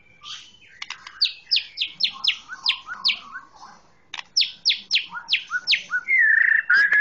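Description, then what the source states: Oriental magpie-robin song of rapid, repeated downslurred notes, about four a second, with a lower twittering beneath, closing on a sustained wavering whistle. Chirping song.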